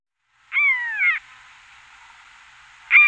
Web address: Sissonne. Buse variable